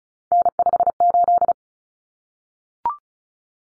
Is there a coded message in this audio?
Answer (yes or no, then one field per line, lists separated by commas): yes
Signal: Morse code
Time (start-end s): 0.3-1.5 s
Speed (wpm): 34 wpm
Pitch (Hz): 700 Hz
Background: none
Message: N58